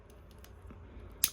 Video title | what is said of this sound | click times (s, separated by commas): Sen-Ti-Nel Choudan Kadou Ronin Warriors/Samurai Troopers Sage Of The Halo Review | so that way they close and snap in you heard that | 1.2 s